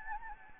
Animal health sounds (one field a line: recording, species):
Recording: mosquito wingbeat signal from an infrared sensor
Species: Anopheles gambiae